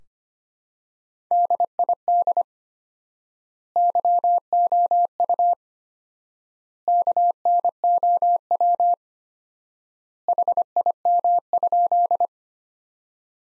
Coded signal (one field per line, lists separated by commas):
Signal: Morse code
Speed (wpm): 25 wpm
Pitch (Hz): 700 Hz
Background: none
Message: DID YOU KNOW HIM?